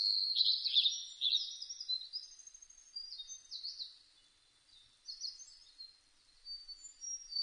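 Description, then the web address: Blue-and-white flycatcher song: high whistled phrases with quick sliding notes, given in bursts and pausing briefly near the middle before resuming. Recorded 1 May 2005. "2005 050501 ooruri"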